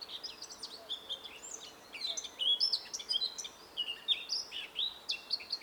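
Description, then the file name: Eurasian blackcap song: a continuous, hurried warble of mixed scratchy and clearer notes, rising and falling in loudness over a faint background hiss. "Sylvia atricapilla"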